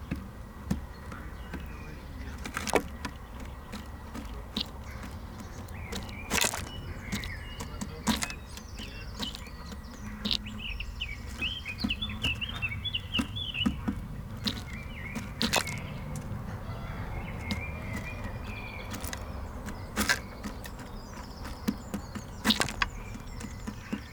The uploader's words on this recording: Bird feeder. Deux microphones dans une mangeoire à oiseaux. With a zoom H1n and binaural microphones Roland CS-10EM.